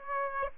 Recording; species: mosquito wingbeat signal from an infrared sensor; Aedes aegypti